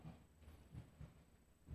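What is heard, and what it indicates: Deep, regular paired thumps of a heartbeat at roughly 65 beats a minute, played over a speaker.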